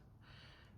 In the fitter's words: it does not click or it does not go in all the way